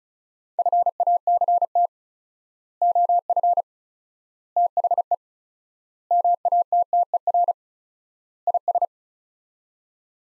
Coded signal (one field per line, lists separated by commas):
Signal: Morse code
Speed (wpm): 34 wpm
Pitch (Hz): 700 Hz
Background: none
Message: FACT OF THE MATTER IS